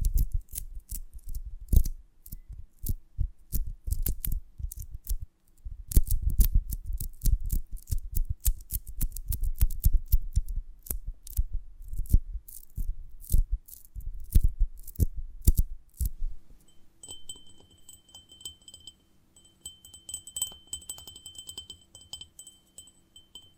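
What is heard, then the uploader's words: Honeycomb on a branch is handled in dense bursts of crisp, sticky crackling and soft low thuds for about sixteen seconds, with a short pause near the five-second mark. The crackling then stops, leaving a quiet, steady high ringing, a low hum and occasional faint ticks. ASMR of a Honeycomb on Branch (No Talking).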